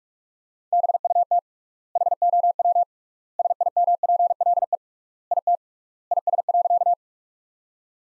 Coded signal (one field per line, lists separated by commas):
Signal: Morse code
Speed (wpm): 43 wpm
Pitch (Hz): 700 Hz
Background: none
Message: BUT HOW SIMPLE IT IS.